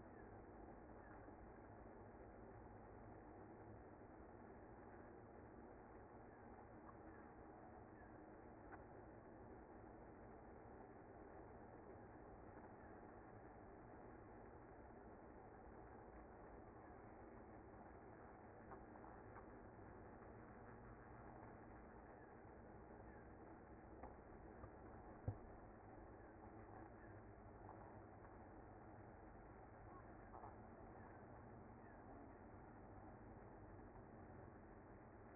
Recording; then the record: honeybee colony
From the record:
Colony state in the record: active